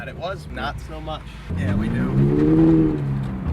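Someone talks while a Recaro bucket seat in a 2022 Subaru BRZ is moved along its seat track and mount toward the point where its latch locks. From about 1.5 s a low, steady vehicle rumble rises under the voice. The clip ends before the latch goes home, so nothing has seated or clicked yet.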